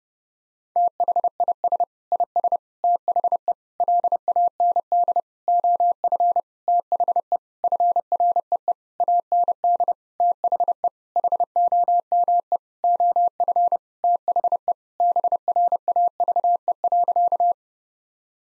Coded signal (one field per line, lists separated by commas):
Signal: Morse code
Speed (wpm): 32 wpm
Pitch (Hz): 700 Hz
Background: none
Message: THIS IS THE LAND OF THE FREE AND THE HOME OF THE BRAVE.